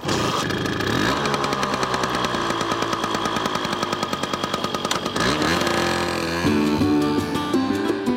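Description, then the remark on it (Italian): A small scooter engine revs loudly and steadily, its buzzing pitch climbing twice and then settling into a rattling idle, with no voices over it. “Io sono uno che va in motoretta.”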